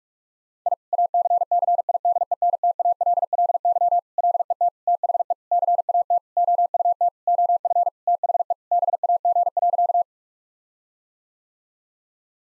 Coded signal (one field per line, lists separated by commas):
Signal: Morse code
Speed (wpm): 46 wpm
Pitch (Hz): 700 Hz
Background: none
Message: I ACCIDENTALLY LET THE CAT OUT OF THE BAG.